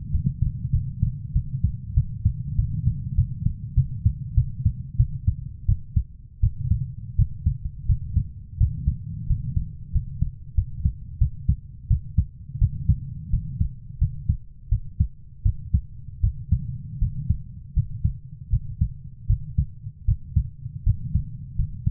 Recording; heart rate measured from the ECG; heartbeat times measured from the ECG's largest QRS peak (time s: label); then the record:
heart sounds by stethoscope; 87 bpm
0.11 s: heartbeat
0.72 s: heartbeat
1.33 s: heartbeat
1.94 s: heartbeat
2.56 s: heartbeat
3.15 s: heartbeat
3.75 s: heartbeat
4.35 s: heartbeat
4.97 s: heartbeat
5.66 s: heartbeat
6.41 s: heartbeat
7.16 s: heartbeat
7.86 s: heartbeat
8.58 s: heartbeat
9.27 s: heartbeat
9.92 s: heartbeat
10.55 s: heartbeat
11.18 s: heartbeat
11.88 s: heartbeat
12.59 s: heartbeat
13.30 s: heartbeat
13.99 s: heartbeat
14.69 s: heartbeat
15.43 s: heartbeat
16.21 s: heartbeat
16.99 s: heartbeat
17.74 s: heartbeat
18.50 s: heartbeat
19.27 s: heartbeat
20.05 s: heartbeat
20.84 s: heartbeat
21.56 s: heartbeat
From the record:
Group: healthy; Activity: rest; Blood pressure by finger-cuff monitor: 126/77 mmHg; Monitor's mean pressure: 95 mmHg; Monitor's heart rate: 87 bpm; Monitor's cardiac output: 7.2 L/min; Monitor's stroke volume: 80 mL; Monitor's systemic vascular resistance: 940 dyn s/cm5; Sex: female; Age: 24 years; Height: 163 cm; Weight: 55.7 kg